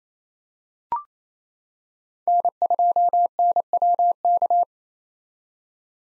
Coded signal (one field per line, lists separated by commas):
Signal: Morse code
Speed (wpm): 28 wpm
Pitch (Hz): 700 Hz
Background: none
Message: N2NWK